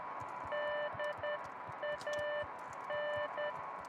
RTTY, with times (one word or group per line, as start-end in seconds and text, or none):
none